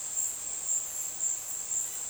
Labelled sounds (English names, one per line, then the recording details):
none
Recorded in dense forest near Puerto Asís, Putumayo, Colombia, on 20 February 2024 at 15:30
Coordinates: 0.502, -76.326
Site G6460